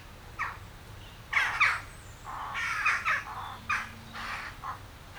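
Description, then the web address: Western jackdaws giving short, harsh calls in a few clusters with brief gaps. Several jackdaws. "Effects 02-Birds, Insects Animals. Birds Crown Jackdaws"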